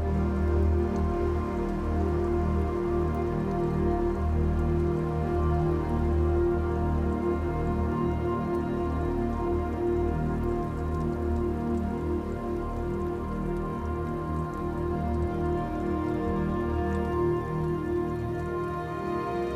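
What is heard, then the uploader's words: Raindrops fall in a dense, unbroken patter that holds steady for the whole stretch. The sound is heavy and muffled, weighted toward the low end with little brightness on top, and a low droning hum runs beneath it throughout. Restorative Raindrops.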